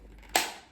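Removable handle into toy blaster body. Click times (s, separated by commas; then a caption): 0.4 s. The removable plastic handle of an Adventure Force V-Twin toy foam blaster, which comes out by pressing a button and pulling it sideways, is pushed back into the blaster body. After quiet handling and a faint tick near 0.2 s, a sharp snap at 0.4 s fades out over the rest of the clip. The handle clicks back in and is seated.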